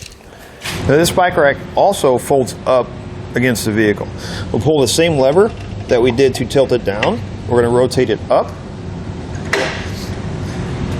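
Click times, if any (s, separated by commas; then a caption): 9.5 s. Someone talks while the lever that tilts down a Kuat Sherpa 2.0 hitch bike rack for 2 bikes on a 2020 Chevrolet Equinox is pulled and the rack is rotated up to fold against the vehicle. At 9.5 s the folding latch on the rack mast gives a sharp click as it seats into the folded position.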